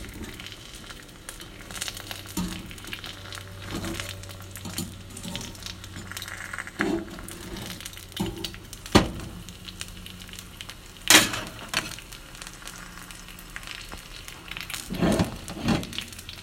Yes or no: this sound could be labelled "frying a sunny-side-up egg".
yes